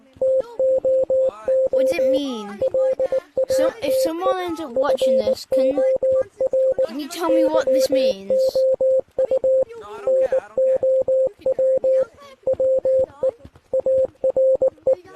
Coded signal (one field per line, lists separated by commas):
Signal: Morse code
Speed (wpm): 19 wpm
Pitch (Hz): 520 Hz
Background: speech, radio noise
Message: TOO LATE FOR YOU NOW WE ARE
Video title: morse Code gtag horror